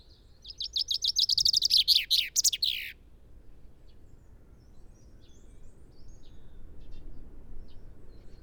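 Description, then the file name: Common chaffinch song, a quick series of high trilled notes ending in a downward flourish, followed by quiet with faint chirps. "Fringilla coelebs"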